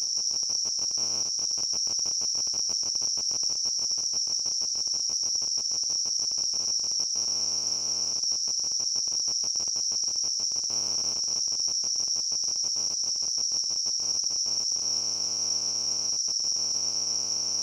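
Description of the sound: Steady high-pitched, cricket-like buzzing tone throughout, a simulated example of the ringing heard in tinnitus.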